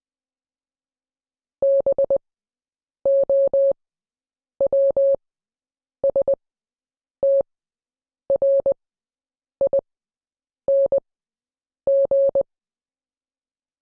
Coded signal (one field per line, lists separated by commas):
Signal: Morse code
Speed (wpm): 20 wpm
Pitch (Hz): 550 Hz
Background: none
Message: BOWSTRING